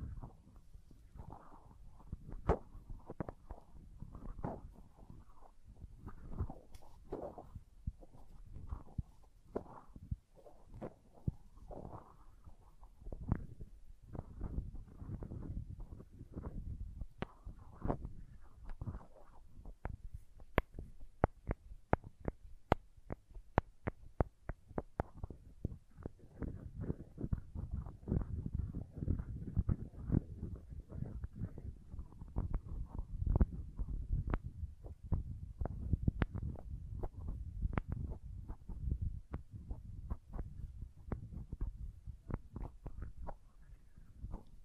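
Wet, squelchy slime sounds mixed with quick tapping, mostly low and thick in tone. Dense clicks and pops come in irregular bursts throughout, growing sharper and busier around the middle, with soft sticky squishing underneath.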